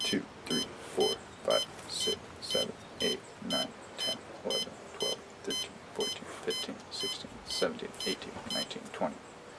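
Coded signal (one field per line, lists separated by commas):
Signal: beep code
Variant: irrigation valve timer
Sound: about nineteen short high beeps, two per second, with a man talking quietly underneath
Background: speech, small room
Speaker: you press the review button and you're listening to Beeps it says you will hear in this order two beeps and then one after those two beeps One Beat for each hour until next on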